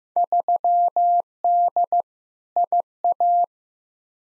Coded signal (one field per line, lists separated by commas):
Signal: Morse code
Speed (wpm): 15 wpm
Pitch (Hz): 700 Hz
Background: none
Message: 3D IA